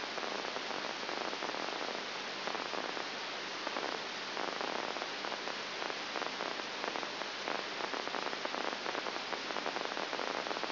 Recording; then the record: brain microelectrode recording played as sound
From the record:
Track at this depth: outside the subthalamic nucleus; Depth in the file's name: 0.004 mm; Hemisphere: right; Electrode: 3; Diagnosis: Parkinson's disease